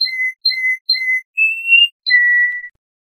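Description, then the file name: Canary song: three clear whistled notes on one pitch, then a slightly rising whistle and a final longer, steady whistle. "kenari"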